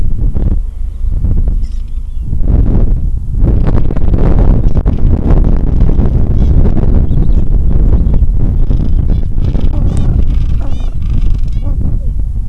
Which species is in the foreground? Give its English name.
Gentoo Penguin